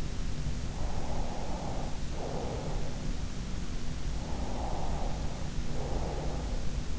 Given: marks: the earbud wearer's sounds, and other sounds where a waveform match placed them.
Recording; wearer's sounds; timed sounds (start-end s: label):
sounds in sleep by an in-ear microphone; breath
0.89-2.98 s: breath
4.28-6.64 s: breath